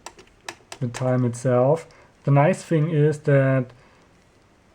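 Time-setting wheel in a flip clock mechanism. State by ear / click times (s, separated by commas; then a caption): not seated / none. A time-setting wheel on a vintage Universum flip clock is turned by hand, giving a few sharp ticks around 0.1, 0.5 and 0.7 seconds before someone talks over the rest of the clip. The wheel clicks into a detent so the minute is set exactly, but nothing has seated or clicked home yet when the clip ends.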